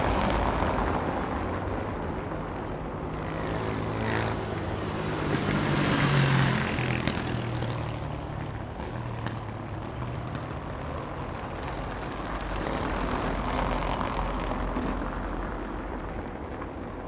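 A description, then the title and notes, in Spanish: Beneath a railway bridge over a city avenue, a dense, steady roar of passing traffic and rumble fills the whole recording. Low droning tones swell between about four and seven seconds, loudest near six, then the noise settles and rises again around thirteen seconds. Puente Ferroviario sobre Avenida Colón.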